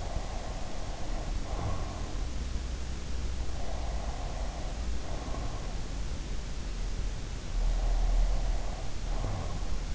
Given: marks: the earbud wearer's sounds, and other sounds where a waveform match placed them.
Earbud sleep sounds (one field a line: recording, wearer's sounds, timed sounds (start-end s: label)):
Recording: sounds in sleep by an in-ear microphone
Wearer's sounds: breath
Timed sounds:
0.00-2.30 s: breath
3.47-5.80 s: breath
7.41-9.52 s: breath